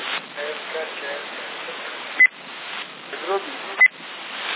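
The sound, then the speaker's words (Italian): Two short, sharp mobile phone keypad beeps, about a second and a half apart, as someone types a reply to a text message, standing out over a steady hiss with faint muffled voices in the background. “Stavo rispondendo a un SMS di un amico.”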